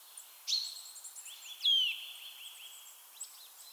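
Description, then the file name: Eurasian nuthatch calls: two clear whistled notes, the second longer and dropping in pitch, followed by soft quick repeated notes. "Sitta europaea"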